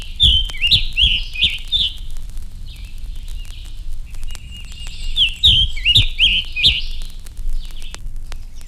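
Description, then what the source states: Scarlet Tanager song: hoarse, choppy phrases of rapid slurred notes, delivered in lively bursts separated by pauses, with low rumble beneath. Song described as husky in quality, rather short and lively.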